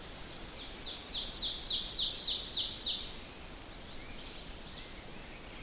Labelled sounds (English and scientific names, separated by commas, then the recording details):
Ovenbird (Seiurus aurocapilla) song
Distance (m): 30 m
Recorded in boreal forest in Alberta, Canada, on 4 June 2016 at 05:55
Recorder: SongMeter 3, array SBT-3-51
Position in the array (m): 274 m, 125 m
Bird 28